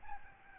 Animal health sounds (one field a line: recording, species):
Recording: mosquito wingbeat signal from an infrared sensor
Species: Aedes albopictus